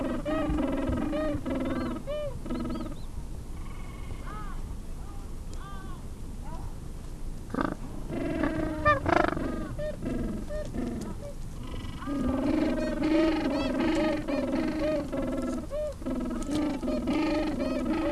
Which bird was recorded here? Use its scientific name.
Pygoscelis papua